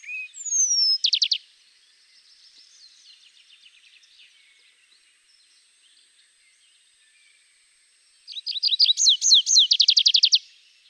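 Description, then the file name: Tree pipit song: a brief high whistle and fast trill, a long quiet stretch of faint rattling notes, then a loud rapid series of high, down-slurred notes. "Pipit des arbres"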